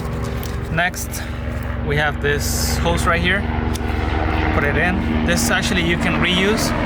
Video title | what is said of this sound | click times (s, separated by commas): VW MK4 JETTA GOLF 1999-2004 SYSTEM TOO LEAN and Vacuum leaks | and then you're gonna hear a click | 0.4 s